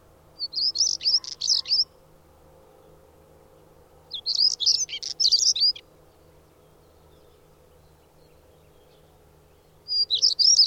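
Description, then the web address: Bird delivering three bright, high-pitched warbled phrases, each packed with quick chirps and trills, separated by several seconds of quiet and a steady low background hum. "madarak enek"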